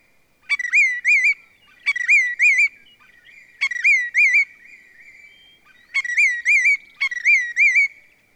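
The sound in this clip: Willet calling: five loud ringing phrases, each a sharp note followed by two or three clear, slurred notes, repeated with short pauses.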